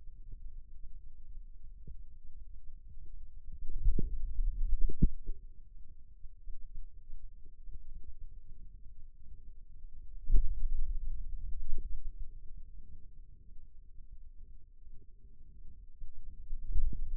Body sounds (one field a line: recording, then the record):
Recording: forearm muscle sounds (acoustic myography)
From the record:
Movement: finger pinch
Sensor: system 2, bracelet of six BSWA MPA416 microphones around the upper forearm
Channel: 1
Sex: male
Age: 22 years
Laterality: right